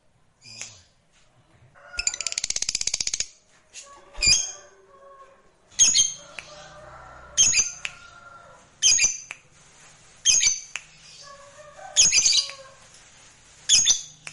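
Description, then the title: Lovebird calls, sharp high squawks repeated roughly every one and a half seconds, with one longer buzzy burst near the start and faint lower tones between. Meant to prompt a lovebird that is reluctant to sing into spontaneous, excited singing. "LOVEBIRD Malas Bunyi JADI GREGET SPONTAN Langsung NARIK"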